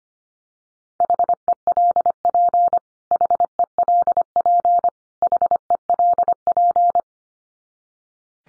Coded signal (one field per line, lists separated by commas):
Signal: Morse code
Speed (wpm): 25 wpm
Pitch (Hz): 700 Hz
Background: none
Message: HELP HELP HELP